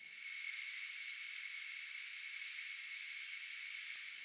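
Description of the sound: Simulated tinnitus: a steady high-pitched double tone, near 2.3 kHz and 4.5 kHz, over hiss, a cricket-like ringing in the ears.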